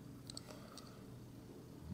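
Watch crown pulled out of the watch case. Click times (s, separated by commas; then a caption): 0.3 s, 0.4 s. The winding crown of a vintage Favre Leuba automatic wristwatch is pulled outward from the watch case through two detent positions to the time-setting position. Two sharp, bright clicks land at 0.3 s and 0.4 s, followed by softer ticks around 0.5 s and 0.8 s over a quiet background. The crown is released out into time-setting position.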